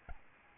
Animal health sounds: mosquito wingbeat signal from an infrared sensor; Aedes albopictus

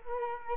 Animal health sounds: mosquito wingbeat signal from an infrared sensor; Culex quinquefasciatus

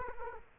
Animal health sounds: mosquito wingbeat signal from an infrared sensor; Culex quinquefasciatus

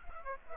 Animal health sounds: mosquito wingbeat signal from an infrared sensor; Aedes aegypti

